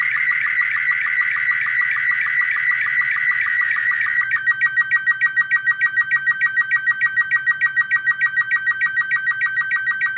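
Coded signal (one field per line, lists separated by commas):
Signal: SSTV (slow-scan television)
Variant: Robot36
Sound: warbling screechy tones, then a steady buzzy tone with rapid regular chirping ticks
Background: low room hum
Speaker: this is the uh scatter results that we just sent a picture via sound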